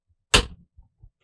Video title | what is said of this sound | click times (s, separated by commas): I Repaired My Favorite Watch For Christmas LOL | I heard the snap I'm using the depressor and it's no longer | 0.4 s